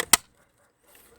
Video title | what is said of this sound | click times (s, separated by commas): VW MK7 rear vent slider fix DIY | snaps back in place so | 0.1 s